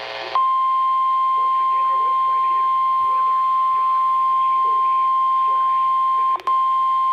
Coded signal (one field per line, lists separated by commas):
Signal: Emergency Alert System (SAME) tones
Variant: 1050 Hz attention tone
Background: speech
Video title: Late Upload... Required Weekly Tests (WXL25 Missoula and WXL82 Kalispell)(EAS#93-94)